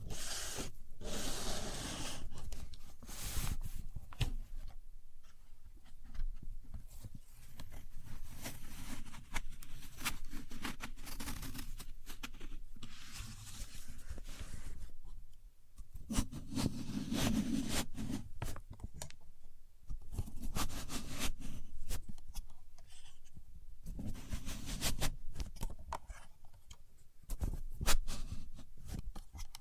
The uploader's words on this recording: A Contour Gauge. No Talking.